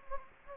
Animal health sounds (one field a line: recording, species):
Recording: mosquito wingbeat signal from an infrared sensor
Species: Anopheles gambiae